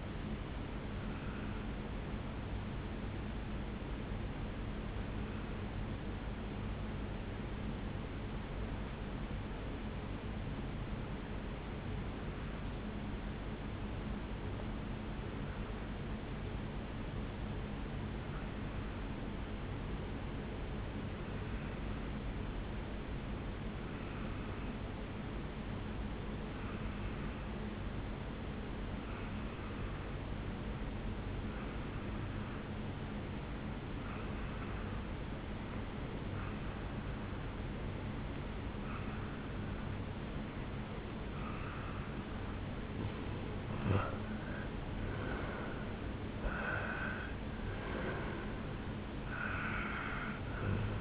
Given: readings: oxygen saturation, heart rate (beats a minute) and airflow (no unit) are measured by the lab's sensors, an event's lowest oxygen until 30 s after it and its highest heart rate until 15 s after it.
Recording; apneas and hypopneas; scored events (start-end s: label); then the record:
breathing in sleep by a voice recorder at the bedside; 1
6.00-43.10 s: obstructive apnea (N1, oxygen 97% highest, then 88% lowest, heart rate 57 at the start, 74 highest)
10.00-40.00 s: new sleep stage, N2 (light sleep)
40.00-51.01 s: new sleep stage, N1 (lightest sleep)
From the record:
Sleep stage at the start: N1 (lightest sleep); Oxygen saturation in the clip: 89 to 97%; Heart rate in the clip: 57 to 74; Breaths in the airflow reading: 4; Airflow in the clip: -8.3 to 4.2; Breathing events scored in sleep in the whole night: 449 in 7.0 hours asleep